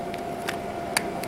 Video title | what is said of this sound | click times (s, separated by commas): Making an Extension Cord | should feel it click in and proceed to tighten all these screws down | 1.0 s